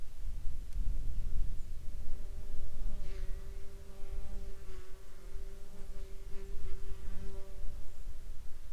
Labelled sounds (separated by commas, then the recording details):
bird, insects
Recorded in the Arctic National Wildlife Refuge, Alaska, on 17 July 2021 at 09:03
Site 33